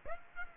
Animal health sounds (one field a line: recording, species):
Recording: mosquito wingbeat signal from an infrared sensor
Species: Aedes aegypti